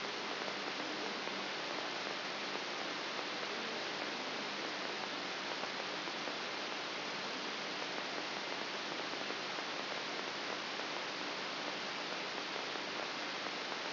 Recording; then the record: brain microelectrode recording played as sound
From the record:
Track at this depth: outside the subthalamic nucleus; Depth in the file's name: 6.501 mm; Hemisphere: left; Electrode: 3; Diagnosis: Parkinson's disease